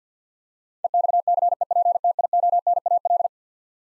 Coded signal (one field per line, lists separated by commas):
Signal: Morse code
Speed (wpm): 50 wpm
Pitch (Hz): 700 Hz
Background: none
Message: EXCEPTIONAL